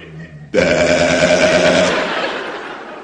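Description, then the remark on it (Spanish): A person imitates a sheep's bleat: one sudden, nasal, buzzing "baa" held for about a second and a half at a steady mid pitch, loud and alone, then trailing off. “Además, del total de ovejas que emitían un 12% también podía emitir y las llamó ovejas de balido mixto o también ambivalentes.”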